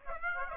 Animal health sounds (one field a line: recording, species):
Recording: mosquito wingbeat signal from an infrared sensor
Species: Aedes aegypti